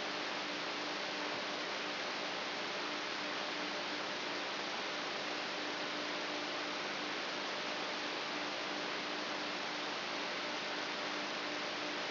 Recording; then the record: brain microelectrode recording played as sound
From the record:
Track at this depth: inside the subthalamic nucleus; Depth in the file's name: 6.216 mm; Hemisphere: left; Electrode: 3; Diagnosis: Parkinson's disease